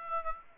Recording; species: mosquito wingbeat signal from an infrared sensor; Aedes aegypti